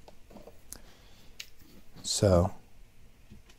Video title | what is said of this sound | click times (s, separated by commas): Wheeler Professional Reticle Leveling System | basically you turn it until it clicks and I'm I'm editing forward here to just make sure that this gets done | 0.7 s, 1.4 s